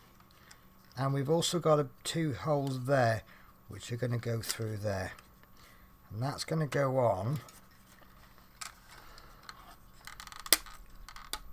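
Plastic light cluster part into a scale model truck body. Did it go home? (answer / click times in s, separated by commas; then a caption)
yes / 10.5 s. Someone talks while the first plastic part of the rear right light cluster is lined up on a 1:24 scale FDNY fire truck model, followed by small handling taps. The part is pressed on with a sharp click at 10.5 s and is seated.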